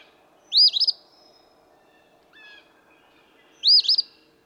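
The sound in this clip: Eastern phoebe giving two emphatic buzzy phrases about three seconds apart, with a short faint note between them.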